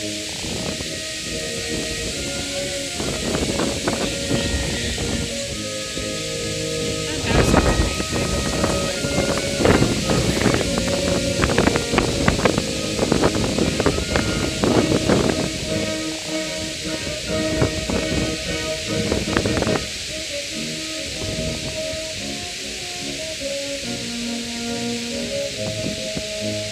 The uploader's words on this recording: Edinburgh Festival Fanfare brass band arrives by Forth Canoe Club.